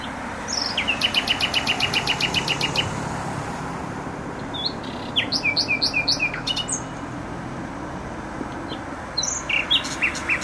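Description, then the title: Nightingale song with a rapid run of repeated clicking notes, pauses, then a series of sharp chirps and later more phrases, over constant road traffic noise. Singing in bushes close to a noisy motorway, Trasa Toruńska, Bródno-Podgrodzie, Warsaw, Poland; recorded with an Olympus LS-11. "Bródno-Podgrodzie, Warszawa, Polska - Trasa Toruńska Nightingale"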